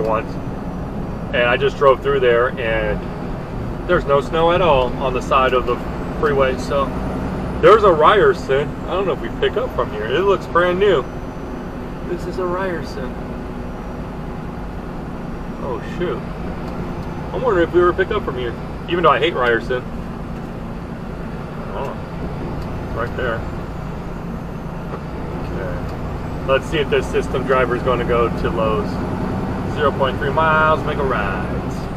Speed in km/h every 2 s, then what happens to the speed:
69, 66, 63, 63, 64, 64, 66, 66, 64, 63, 61, 61, 60, 60, 61, 63.
0-4 slows to 63. 4-15 steady at about 64. 15-23 slows to 60. 23-32 steady at about 60.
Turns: none.